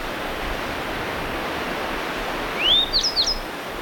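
Grey bunting call: one short phrase near the end, a rising thin whistle followed by a few quick high slurred notes, over steady hissing surf-like noise.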